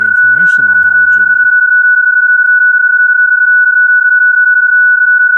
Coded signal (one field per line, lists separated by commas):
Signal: PSK31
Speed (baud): 31.25 baud